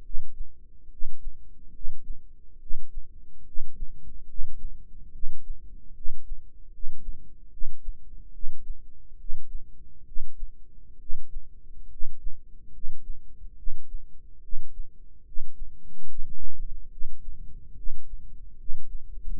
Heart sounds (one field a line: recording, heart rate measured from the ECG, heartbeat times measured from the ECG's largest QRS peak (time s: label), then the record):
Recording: heart sounds by microphone in the right ear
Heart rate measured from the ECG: 71 bpm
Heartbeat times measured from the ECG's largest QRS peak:
0.02 s: heartbeat
0.88 s: heartbeat
1.71 s: heartbeat
2.58 s: heartbeat
3.44 s: heartbeat
4.26 s: heartbeat
5.11 s: heartbeat
5.93 s: heartbeat
6.70 s: heartbeat
7.49 s: heartbeat
8.31 s: heartbeat
9.16 s: heartbeat
10.04 s: heartbeat
10.98 s: heartbeat
11.88 s: heartbeat
12.71 s: heartbeat
13.55 s: heartbeat
14.40 s: heartbeat
15.24 s: heartbeat
16.06 s: heartbeat
16.89 s: heartbeat
17.74 s: heartbeat
18.56 s: heartbeat
19.34 s: heartbeat
From the record:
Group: healthy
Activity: rest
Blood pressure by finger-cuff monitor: 117/65 mmHg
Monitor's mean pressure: 80 mmHg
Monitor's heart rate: 72 bpm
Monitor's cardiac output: 7.2 L/min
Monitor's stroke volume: 101 mL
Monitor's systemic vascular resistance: 810 dyn s/cm5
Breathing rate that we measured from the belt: 21 breaths a minute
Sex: male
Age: 35 years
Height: 180 cm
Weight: 86.9 kg